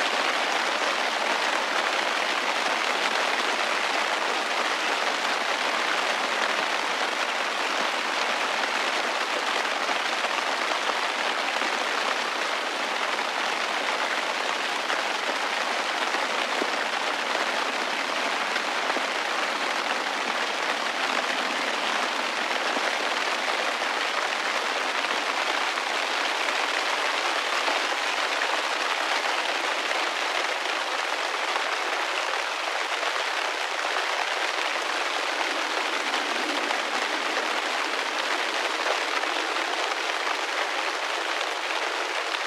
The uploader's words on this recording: Summer rain soundscape. Captured July 2021 while camping in CO.